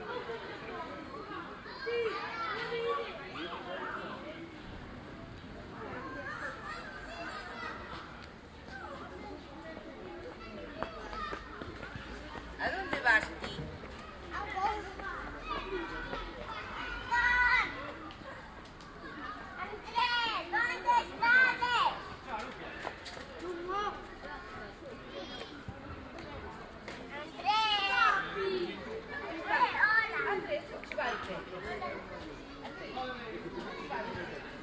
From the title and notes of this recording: Kids Playing at Parque Arzúa. In Situ Season 1 episodes are 5 minutes of ambient sound recorded along del Norte, the northern coastal route of the Camino de Santiago network of pilgrimage paths converging in Spain. These tiny meditations are made with binaural microphones, creating an immersive hyper-realistic listening experience.